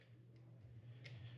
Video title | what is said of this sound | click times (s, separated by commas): Unboxing Rockford Fosgate M1-65B Marine 6.5 Speakers With Controllable ￼L.E.D.s | like so and lock in place once again being watertight no issues there | 1.1 s